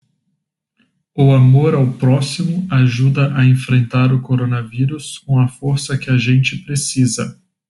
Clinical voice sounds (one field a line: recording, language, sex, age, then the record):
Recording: spoken sentence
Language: Brazilian Portuguese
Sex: male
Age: 20 to 29 years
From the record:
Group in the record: control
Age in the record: 26 years